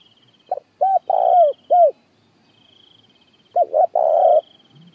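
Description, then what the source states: Spotted dove giving soft rounded coos with a longer drawn-out note near the end, two phrases about three seconds apart, with a high insect trill behind. Calling to gather the flock.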